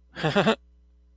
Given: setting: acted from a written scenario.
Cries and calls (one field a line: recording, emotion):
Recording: vocal sound without words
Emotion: positive surprise